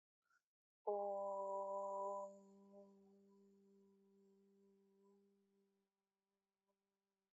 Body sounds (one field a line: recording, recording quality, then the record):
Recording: sustained vowel as in boot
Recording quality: excellent, no background noise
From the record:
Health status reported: COVID-19 positive, mild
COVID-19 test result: positive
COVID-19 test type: rapid antigen test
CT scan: not taken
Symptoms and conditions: fever, fatigue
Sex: female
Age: 22 years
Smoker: no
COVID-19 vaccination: both doses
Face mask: worn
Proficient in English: yes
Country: India